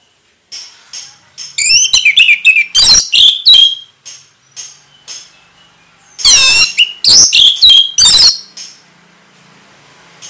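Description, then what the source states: Orange-headed thrush song in two loud bursts of quick, high, squeaky and whistled notes with slurred phrases, separated by a short quiet gap. Indonesian name anis merah; bird singing vigorously (gacor) in the ngeplong song style.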